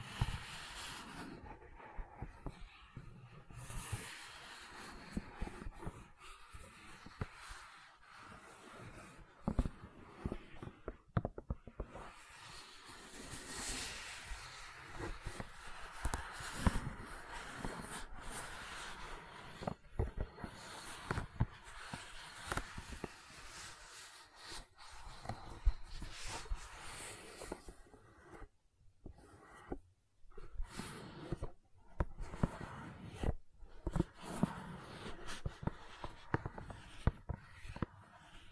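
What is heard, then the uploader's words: Gentle silicone sounds made of soft rubbing, squishing and tapping, with dense, irregular clicks and brushes running throughout. Texture shifts from crackly to smoother squeaks, and a few brief quiet gaps appear around 29 to 32 seconds before the handling resumes. ASMR Gentle Silicon Sounds for Sleep (No Talking).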